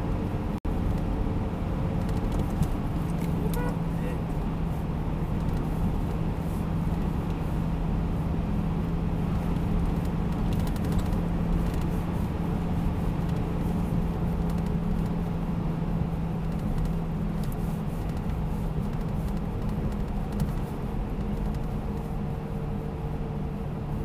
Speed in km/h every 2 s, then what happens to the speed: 96, 91, 89, 90, 92, 93, 93, 91, 89, 87, 83, 81.
0-3 slows to 89. 3-15 steady at about 91. 15-24 slows to 81.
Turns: none.